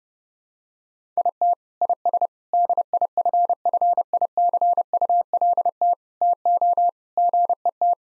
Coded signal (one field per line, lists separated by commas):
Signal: Morse code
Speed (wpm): 30 wpm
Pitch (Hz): 700 Hz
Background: none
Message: IT IS DIFFICULT TO GET